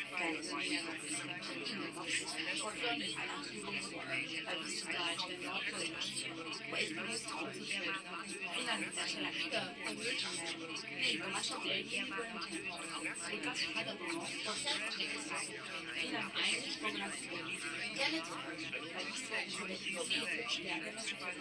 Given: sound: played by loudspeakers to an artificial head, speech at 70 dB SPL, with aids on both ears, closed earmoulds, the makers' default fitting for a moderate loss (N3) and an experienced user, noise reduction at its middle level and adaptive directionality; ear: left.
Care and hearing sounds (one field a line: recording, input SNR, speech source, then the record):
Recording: speech test signal (ISTS) in cocktail-party noise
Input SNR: -3 dB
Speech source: on the right (90 degrees)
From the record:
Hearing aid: class 2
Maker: C